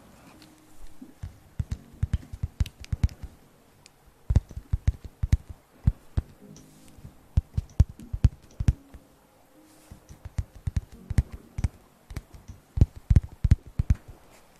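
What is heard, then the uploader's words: Sounds made right up against the mouth: sharp, wet clicks and smacks arrive in quick irregular clusters, with brief quiet pauses around four and ten seconds. Each pop is close, dry and crisp over a faint low hiss. Sounds close to the mouth!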